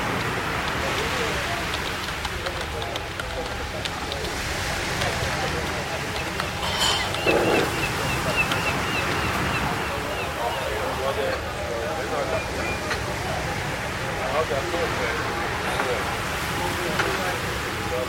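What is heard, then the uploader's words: Seaside café ambience with a steady bed of overlapping chatter and a constant rushing wash like surf underneath. The level stays even throughout, with a faint low hum. Around seven seconds a brief bright clink stands out, like a cup or dish. Seaside Coffee Shop Ambience: Cafe & Ocean Waves Sounds.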